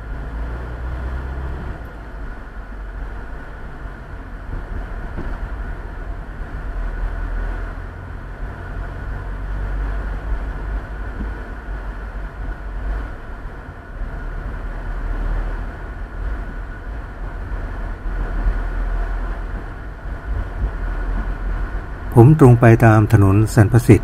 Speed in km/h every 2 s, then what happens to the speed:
16, 17, 24, 27, 29, 31, 31, 33, 36, 38, 38, 37.
0-9 speeds up to 31. 9-24 steady at about 36.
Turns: none.